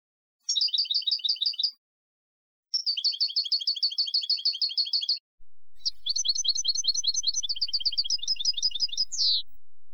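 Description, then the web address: European goldfinch song: three bursts of fast, tinkling, liquid twitters and trills, each lasting one to four seconds, separated by short silences. "Chants Chard"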